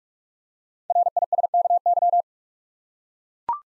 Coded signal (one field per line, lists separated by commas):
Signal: Morse code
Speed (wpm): 44 wpm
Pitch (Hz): 700 Hz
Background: none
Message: RISKY